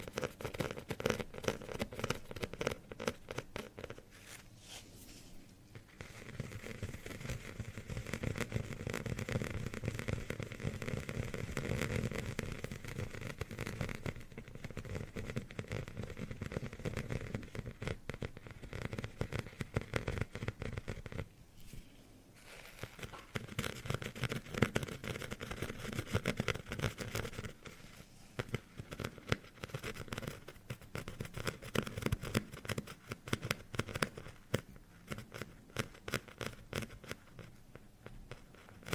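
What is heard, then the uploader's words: Scratching on carpet, wood and plastic, a dense, crackly rasp of quick strokes running almost continuously. Its tone shifts between surfaces, fuller around 6–21 seconds, with brief pauses near 5, 21 and 27 seconds. TimASMR-Mini Scratching on Carpet, Wood, PVC, and more (NO TALKING).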